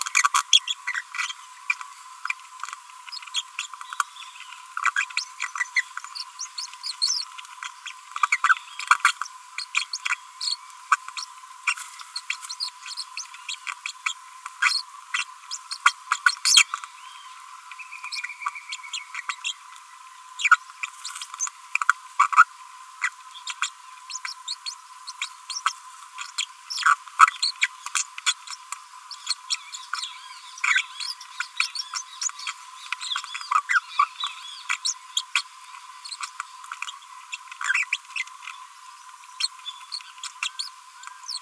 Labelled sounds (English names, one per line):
Green-rumped Parrotlet babbling